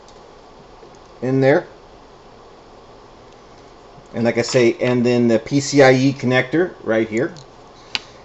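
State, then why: Seated. Someone talks while showing the PCIe connector on an Nvidia Jetson AGX Orin developer kit, then puts the magnet-held access cover back onto the dev kit housing. The cover snaps back into place with one sharp click at 8.0 s.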